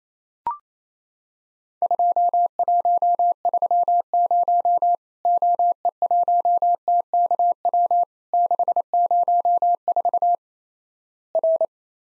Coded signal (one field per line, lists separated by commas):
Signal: Morse code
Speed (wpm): 28 wpm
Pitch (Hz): 700 Hz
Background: none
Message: 2130 OE1TKW 604 R